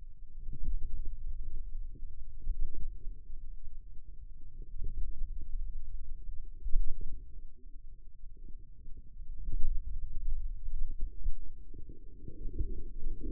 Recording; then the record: forearm muscle sounds (acoustic myography)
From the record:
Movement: pen grasping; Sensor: system 2, bracelet of six BSWA MPA416 microphones around the upper forearm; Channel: 5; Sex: male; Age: 22 years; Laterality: right